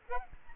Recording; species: mosquito wingbeat signal from an infrared sensor; Aedes albopictus